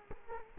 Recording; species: mosquito wingbeat signal from an infrared sensor; Culex quinquefasciatus